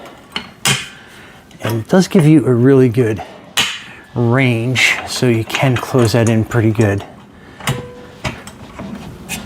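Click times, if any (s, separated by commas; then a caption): none. The arm of a VEVOR pec deck and rear delt machine is moved inward to a new position on its steel frame, handling the arm adjustment pin. Sharp knocks and light clatter sound early and again near the end while someone talks in between. Nothing has seated or clicked into place yet.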